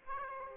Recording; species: mosquito wingbeat signal from an infrared sensor; Aedes aegypti